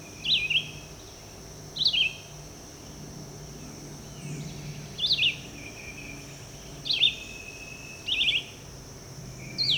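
Red-eyed vireo repeating brief slurred whistled phrases every one to three seconds, against a continuous high insect hum.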